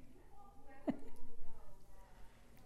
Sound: chuckles

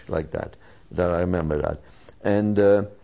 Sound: none

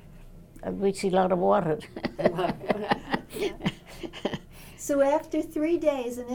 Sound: laughs

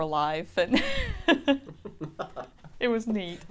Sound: they laugh

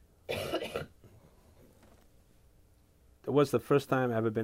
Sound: coughs

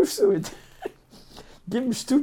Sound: chuckles

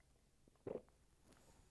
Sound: takes a drink

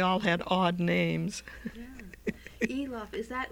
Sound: she laughs

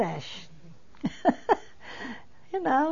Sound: she laughs

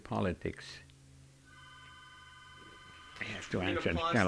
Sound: a telephone rings in the background

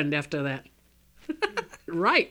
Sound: she laughs

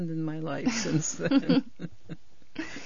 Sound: they laugh

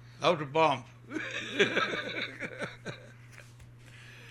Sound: he laughs

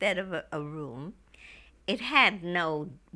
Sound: none

